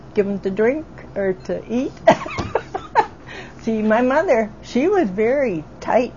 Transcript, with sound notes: give them to drink, or to eat, (both laugh) see my mother, she was very tight.